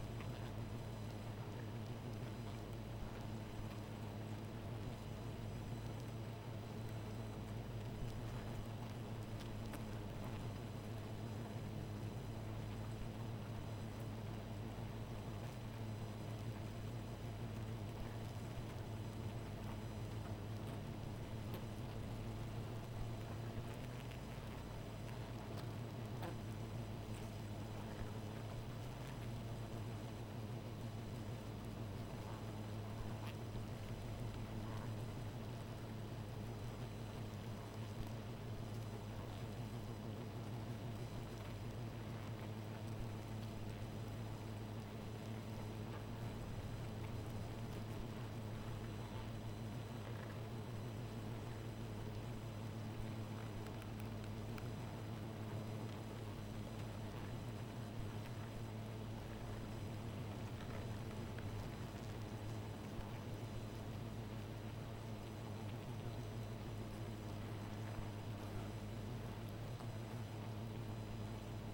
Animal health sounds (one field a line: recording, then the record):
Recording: honeybee colony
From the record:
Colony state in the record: missing queen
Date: 14 July 2017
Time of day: 2:50